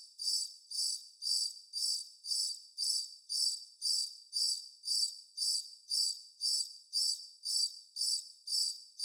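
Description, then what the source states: Cricket chirping steadily, high buzzy pulses spaced about half a second apart, unchanging in pitch and volume throughout. Constant cricket bed.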